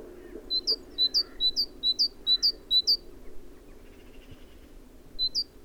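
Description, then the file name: Great tit song: a run of several bright, high two-note phrases in quick rhythm, a pause, then one more phrase near the end. "Parus major"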